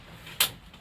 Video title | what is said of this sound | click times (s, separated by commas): Cyril et Hedi de Camping car 69 présentent le fourgon Roller Team Livingstone 4 Prestige 2018 | un clic et voilà un petit clic | 0.4 s